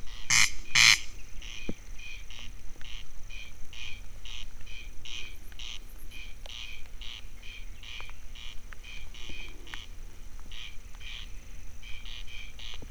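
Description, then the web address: Corncrake rasping crex-crex calls, paired harsh bursts repeated roughly twice a second throughout, with two loud knocks at the start and light dripping in the background. Wild corncrake in nature during light dripping rain, at Teresztenye, Hungary. "allathangok termeszetben haris madarak csepegoeso"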